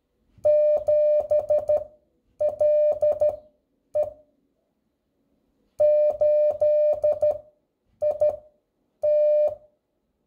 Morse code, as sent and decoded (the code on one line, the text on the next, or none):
--... .-.. . / ---.. .. -
7LE 8IT